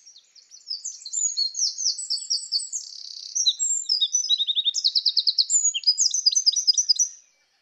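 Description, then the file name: Eurasian wren delivering a long, energetic song of high chirps, rapid rattling trills and sharp notes for about seven seconds, nothing else audible. "Troglodytes troglodytes"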